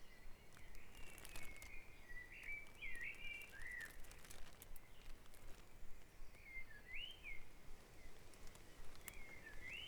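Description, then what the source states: Bird song at dawn: looping whistled phrases come in short bursts every few seconds against a steady low background hum. Dawn chorus at Back Dragon Avenue, Harrogate, part of a sound map of Harrogate.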